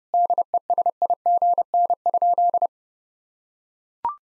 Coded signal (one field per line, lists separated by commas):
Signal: Morse code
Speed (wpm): 30 wpm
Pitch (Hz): 700 Hz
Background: none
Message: DESIGN?